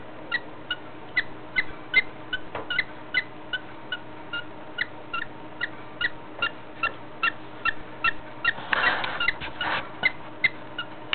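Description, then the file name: Budgerigar breathing heavily, a fast train of faint squeaky clicks roughly every half second, with a brief rustling burst near the end and a constant background hum. Heavy breathing of a budgerigar. "schweres atmen wellensittich"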